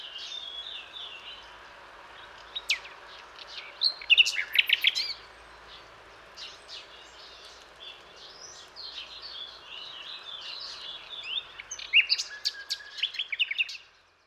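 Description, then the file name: Common nightingale song with varied whistled and chirping phrases, sharp bursts at four and twelve seconds, against a background of steady noise. "Luscinia megarhynchos"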